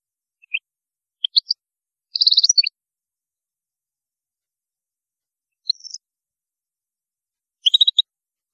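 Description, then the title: European goldfinch song in short bursts: scattered high twittering notes, a quick rattling trill near two seconds, then brief tinkling phrases after long pauses. "Chant Chardonneret"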